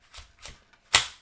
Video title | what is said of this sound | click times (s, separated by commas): Test du SwitchBot Curtain Rod 2 | et ça se clipse vraiment bien donc là avec ce système là en fait on est vraiment au plus proche de la barre | 1.0 s